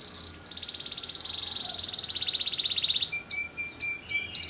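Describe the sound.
Bird singing a long even buzzy trill of fast repeated high notes, followed by a few sharp whistled sweeps.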